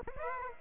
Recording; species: mosquito wingbeat signal from an infrared sensor; Aedes aegypti